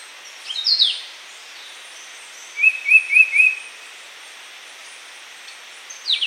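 Yellow-browed shrike-vireo whistling four evenly spaced, clear notes in quick succession, with brief descending high chirps before and after.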